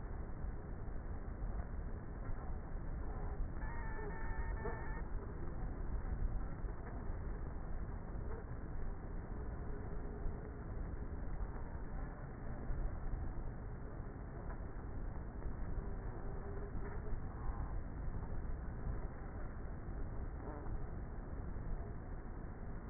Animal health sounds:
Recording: honeybee colony, microphone inside the hive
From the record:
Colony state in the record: queenless with a low population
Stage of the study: before two queens were removed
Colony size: about 30,000 bees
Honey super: no

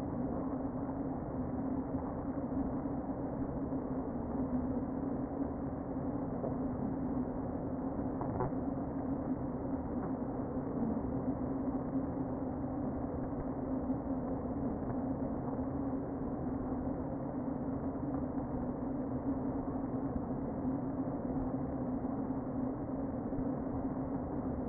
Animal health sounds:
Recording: honeybee colony, microphone inside the hive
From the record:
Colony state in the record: queen present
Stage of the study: before two queens were removed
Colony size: about 60,000 bees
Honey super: yes

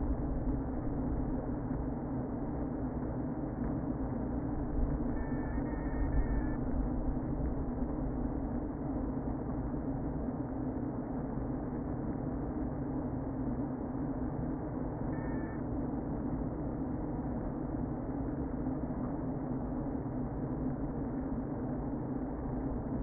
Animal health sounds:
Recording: honeybee colony, microphone inside the hive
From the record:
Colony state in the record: queen present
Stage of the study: before two queens were removed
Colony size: about 60,000 bees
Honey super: yes

